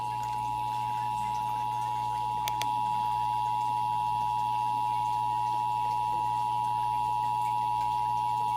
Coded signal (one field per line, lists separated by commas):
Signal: Emergency Alert System (SAME) tones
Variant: 853 and 960 Hz attention tone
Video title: Ventura Required Monthly Test EAS #167 169 7 6 21